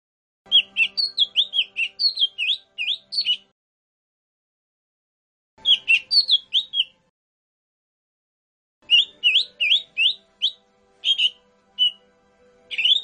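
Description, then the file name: Lesser green leafbird song in several bursts of quick, slurred whistled notes that bend up and down, with pauses between. "cucak hijau mini. omkicau"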